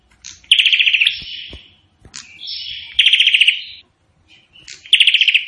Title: Prenjak Burung Prenjak Gacor Suara Tembakan Ak-47